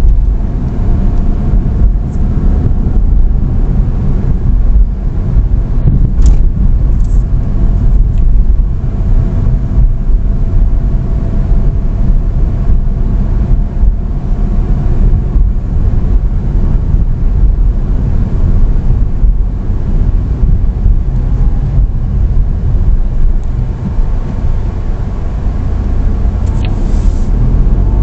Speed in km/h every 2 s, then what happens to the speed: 28, 31, 29, 27, 26, 27, 28, 29, 28, 25, 22, 12, 5, 11.
0-15 steady at about 28. 15-23 slows to 5. 25-28 speeds up to 11.